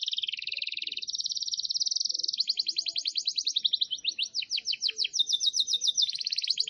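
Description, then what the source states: Canary song: an unbroken sequence of rapid trills at several pitches, with rolling and slurred segments, carrying on throughout. Long, energetic canary song, used as a lure and tutor recording for wild canaries.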